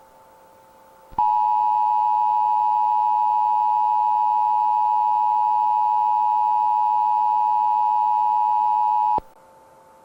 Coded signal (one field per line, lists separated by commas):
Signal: Emergency Alert System (SAME) tones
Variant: 853 and 960 Hz attention tone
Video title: EAS Scenario // The Dark Watchers //